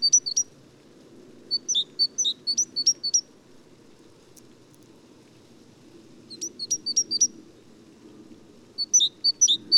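Great tit song: four bursts of rapid high two-note phrases, each a short tone plus a sharp downward stroke, separated by pauses, over a low steady background rumble.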